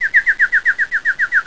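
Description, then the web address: Bird calls: a rapid, evenly spaced series of short, slightly descending notes against a quiet background. "NLEDUCA GUUS DIEREN. Sound brd"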